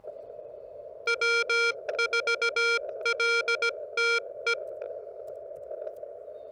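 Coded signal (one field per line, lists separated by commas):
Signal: Morse code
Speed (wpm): 17 wpm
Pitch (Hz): 1400 Hz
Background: none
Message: W4LTE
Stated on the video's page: CW pile-up during a park activation, Elecraft KX2 with homebrew vertical whip and four radials, Bamatech TP III key, battery powered.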